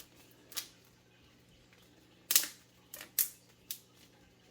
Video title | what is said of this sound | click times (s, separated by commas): Graduation Decor Sign | So when you push it in, you'll hear some like clicking. | 0.6 s, 2.3 s, 2.9 s, 3.7 s